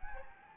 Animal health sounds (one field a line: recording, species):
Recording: mosquito wingbeat signal from an infrared sensor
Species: Anopheles gambiae